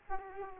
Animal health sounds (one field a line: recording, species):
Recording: mosquito wingbeat signal from an infrared sensor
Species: Aedes aegypti